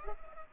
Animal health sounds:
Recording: mosquito wingbeat signal from an infrared sensor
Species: Culex pipiens

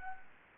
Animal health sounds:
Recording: mosquito wingbeat signal from an infrared sensor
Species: Anopheles gambiae

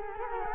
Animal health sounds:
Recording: mosquito wingbeat signal from an infrared sensor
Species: Culex quinquefasciatus

